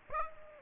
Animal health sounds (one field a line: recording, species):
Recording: mosquito wingbeat signal from an infrared sensor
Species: Aedes aegypti